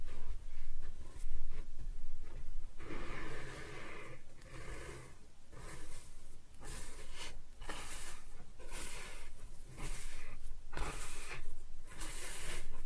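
Kinetic sand being cut and scooped, heard as a run of soft, gritty hisses and scrapes, each lasting about a second with brief pauses between. The strokes come at an uneven pace through the whole stretch, some rougher and brighter than others, with a faint low rumble underneath.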